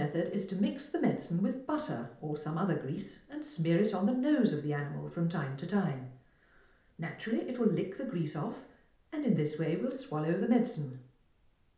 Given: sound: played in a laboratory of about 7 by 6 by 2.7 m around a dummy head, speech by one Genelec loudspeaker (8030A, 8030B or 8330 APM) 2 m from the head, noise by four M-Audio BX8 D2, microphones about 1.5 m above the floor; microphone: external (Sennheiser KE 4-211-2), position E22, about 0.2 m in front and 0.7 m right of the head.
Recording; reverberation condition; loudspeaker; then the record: female speech in English; medium; 120 degrees to the right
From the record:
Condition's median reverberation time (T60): about 510 ms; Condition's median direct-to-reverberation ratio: about -0.5 dB